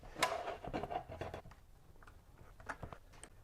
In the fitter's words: going to now lock into place